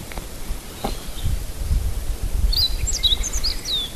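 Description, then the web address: Meadow bunting singing a quick phrase of bright chirps and slurred notes in the second half, over steady low rumbling noise. Recorded 26 May 2008. "sound hutte 080526 hojiro"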